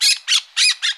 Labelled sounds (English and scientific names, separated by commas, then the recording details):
Brown-throated Parakeet (Eupsittula pertinax) contact call
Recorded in Bonaire
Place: 1 km E of roosting area just N of Seru Largu
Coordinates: 12.199, -68.268